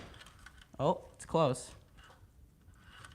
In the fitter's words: Oh, it did snap. I just didn't see it.